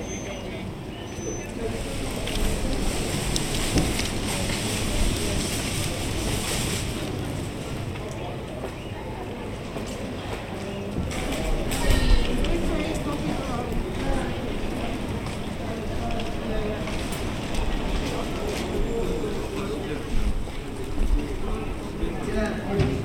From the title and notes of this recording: Bell Green: Friday morning in Riley Square. It’s cold and cloudy in Riley Square. The recordings were captured using a binaural microphone between January and April 2022.